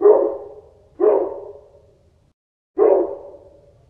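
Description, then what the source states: Dog giving three single, hoarse barks, the first two about a second apart and the third after a short pause. Distant barking.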